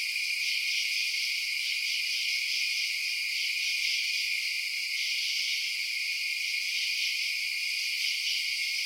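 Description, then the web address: Overlapping insects produce a steady, high, pulsing chirr that runs without a break across the whole stretch. Night-time insect ambience. "Blast Wave Night Insects ambience-night-insects"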